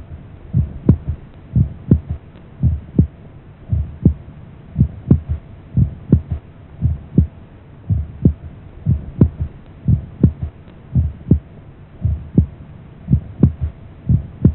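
Steady, deep heart sounds at about 55–60 beats a minute, each beat a close group of thuds with a soft extra thud after the second sound, over a faint hum. This is a physiological third heart sound, a normal finding, as a sound effect.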